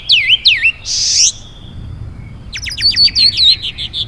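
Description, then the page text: Canyon wren song: two clear slurred whistles, a short buzzy burst, a pause, then a quick run of sharp repeated notes. "Canyon Wren - Catherpes mexicanus - Birds of the World"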